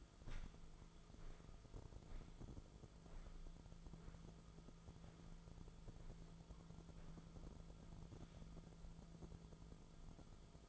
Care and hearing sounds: daily activity, microphone in the room; walk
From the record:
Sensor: 5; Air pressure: 1005.5 hPa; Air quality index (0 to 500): 95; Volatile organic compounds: 2 ppm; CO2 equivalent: 1154 ppm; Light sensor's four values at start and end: 33/77/31/29 and 33/77/31/29

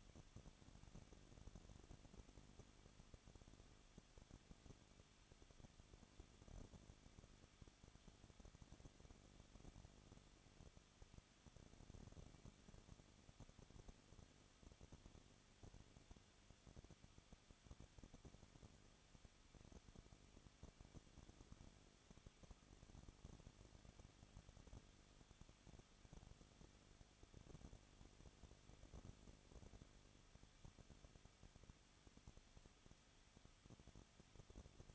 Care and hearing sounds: daily activity, microphone in the room; no activity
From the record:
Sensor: 4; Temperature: 23.1 degrees Celsius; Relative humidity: 34.7%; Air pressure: 1007.2 hPa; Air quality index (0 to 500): 214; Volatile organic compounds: 15 ppm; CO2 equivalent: 2483 ppm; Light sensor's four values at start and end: 2/3/1/1 and 2/3/1/1

